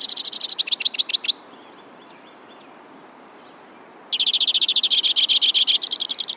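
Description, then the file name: White-winged crossbill song: fast, dry, buzzy high trills of rapid repeated notes, one burst at the start, a pause of nearly three seconds, then a longer trill to the end. "suara-kicauan-burung-white-winged-crossbill 3-omkicau"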